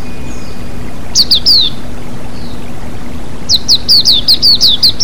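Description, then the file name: White-eye uttering a short burst of three descending chirps, a pause, then a longer rapid run of similar notes over rushing water. White-eye (pleci) with flowing water, bird therapy. "terapi air mengalir burung pleci"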